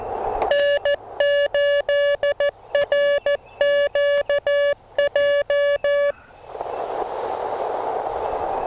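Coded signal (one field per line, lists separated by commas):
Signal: Morse code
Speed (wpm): 14 wpm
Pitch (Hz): 1700 Hz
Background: none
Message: N8RQJ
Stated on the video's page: CW POTA activation with a (tr)uSDX transceiver; high output volume and noise floor.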